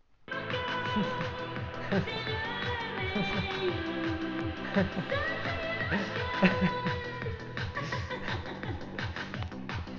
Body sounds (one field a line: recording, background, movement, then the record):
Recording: laughter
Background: music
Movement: sitting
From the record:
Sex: male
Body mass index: 20.5 kg/m2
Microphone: on the chest, facing outward